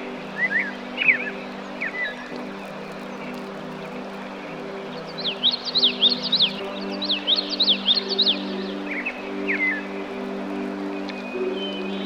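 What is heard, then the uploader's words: Birds call over a steady low engine drone that runs throughout. Short chirps come early and again near the end, while a fast, bright, repeated trill fills the middle from about five to eight and a half seconds. Birds.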